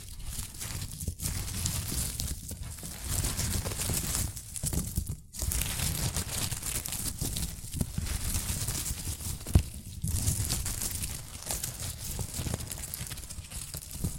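Dense, continuous rustling and crinkling with short gaps every second or two, a sharp snap near nine and a half seconds.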